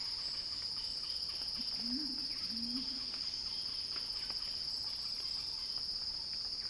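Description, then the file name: Cicada song: a continuous shrill buzz at a fixed pitch, unbroken from start to finish, with a brief low wavering sound in the middle. Cicada song building in a crescendo; recorded for Earth.fm's Sounding Wild. "earth-fm Cicada-Crescendo-Sounding-Wild"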